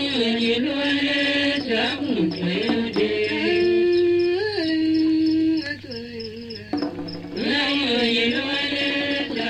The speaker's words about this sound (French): Un grillon caché sous les pierres du foyer les accompagne.